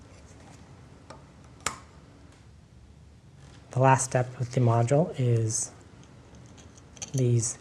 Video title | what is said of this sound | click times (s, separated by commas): How to Assemble the E5, E3 & E6 Optical Kit Encoders | And then it installs onto the base the same way. Snaps into place. | 1.7 s